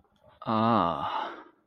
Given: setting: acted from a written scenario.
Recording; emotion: vocal sound without words; ecstasy